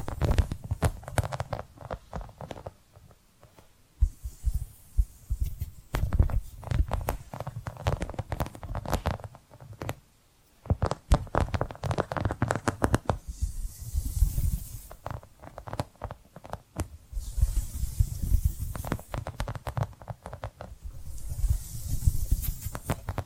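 Tapping and scratching sounds come in dense, irregular bursts of sharp clicks over a low, thumping undertone. Brief pauses break the flow near four and ten seconds, and stretches of brighter, hissy scratching swell up around fourteen, eighteen and twenty-two seconds.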